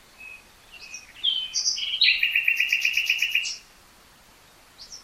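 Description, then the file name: Common nightingale song: varied chirps leading into a fast rattling series of repeated notes, over faint background hiss. "Luscinia megarhynchos"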